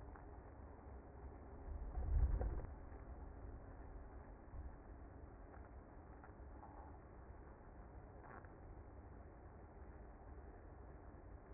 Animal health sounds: honeybee colony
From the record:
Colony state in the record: active

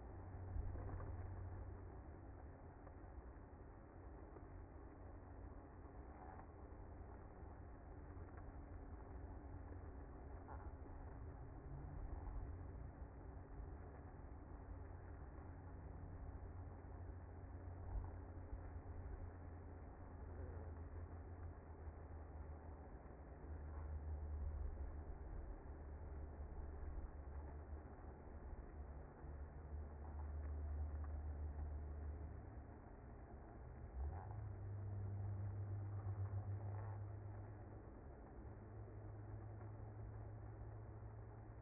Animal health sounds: honeybee colony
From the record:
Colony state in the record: active

